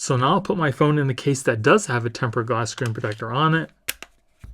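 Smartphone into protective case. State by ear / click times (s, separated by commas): not seated / none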